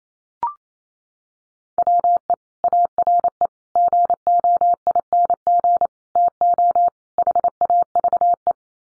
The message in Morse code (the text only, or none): WE ARE GOING TO HAVE